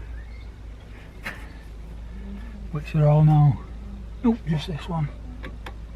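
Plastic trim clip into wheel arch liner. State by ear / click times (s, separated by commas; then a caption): seated / 5.4 s, 5.7 s. A plastic trim clip that was still loose is pushed into the wheel arch liner and body of a BMW during a brake wear sensor replacement. Someone talks, then two short clicks sound at 5.5 and 5.7 seconds as the clip snaps in and is secure.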